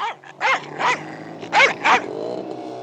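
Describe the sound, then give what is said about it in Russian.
A male dog growls low and continuously, breaking into four loud, harsh snarling barks that come in two pairs, with the rumbling growl carrying on afterward. No one speaks. “И под конец один кобель встал мне на грудь передними лапами и целится в глотку, но пока еще не трогает.”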